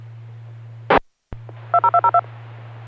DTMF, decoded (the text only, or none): 20202